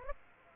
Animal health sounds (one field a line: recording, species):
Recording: mosquito wingbeat signal from an infrared sensor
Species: Aedes aegypti